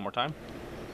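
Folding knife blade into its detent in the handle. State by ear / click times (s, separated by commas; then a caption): not seated / none. A man talks briefly while handling a Kershaw Pub folding knife, working its blade toward the ball-bearing detent in the handle, with a low steady background hum. The clip ends before the blade goes home, so nothing has seated or clicked yet.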